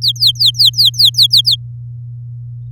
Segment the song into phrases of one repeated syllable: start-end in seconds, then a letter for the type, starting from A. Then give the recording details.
0.02-1.56 A. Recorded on 9 May 2018 at 07:02. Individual llb16